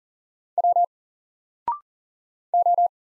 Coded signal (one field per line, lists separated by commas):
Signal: Morse code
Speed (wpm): 40 wpm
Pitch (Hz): 700 Hz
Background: none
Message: W O